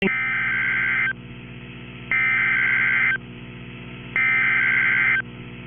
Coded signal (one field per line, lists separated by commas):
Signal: Emergency Alert System (SAME) tones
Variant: header bursts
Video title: Tornado Warning (AL and TN) (5/20/25) [EAS #179]